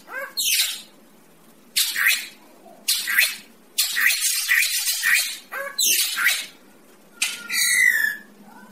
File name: tieng cheo beo duoi co hot